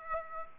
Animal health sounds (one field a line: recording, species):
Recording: mosquito wingbeat signal from an infrared sensor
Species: Aedes aegypti